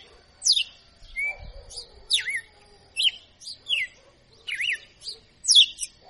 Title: Canto Galo Campina Fêmea 02. Galo de Campina Professor Açoitando